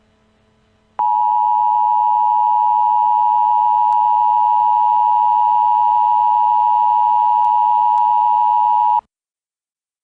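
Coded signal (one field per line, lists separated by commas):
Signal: Emergency Alert System (SAME) tones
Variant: 853 and 960 Hz attention tone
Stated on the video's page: Fictional EAS scenario based on a Deep Space Nine episode, tones made with an EAS Generator program.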